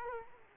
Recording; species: mosquito wingbeat signal from an infrared sensor; Culex quinquefasciatus